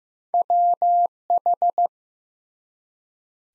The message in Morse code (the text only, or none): WH